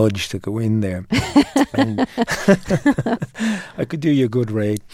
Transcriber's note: soundbite of laughter